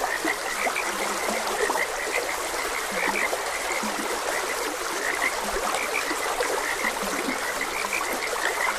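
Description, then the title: Frogs croaking in a dense chorus, short bright notes repeating quickly with deeper croaks underneath, over a steady flowing stream. Frogs croaking beside a gentle stream. "Gentle Stream and Frogs Croaking"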